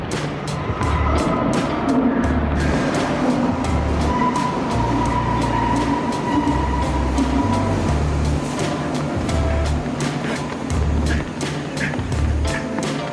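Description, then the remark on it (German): A train rumbles steadily along the rails with a loud, continuous roar, rhythmic clacks and sharp metallic rattles over a deep, throbbing low hum. “Nein, die Bahn ist wirklich hier!”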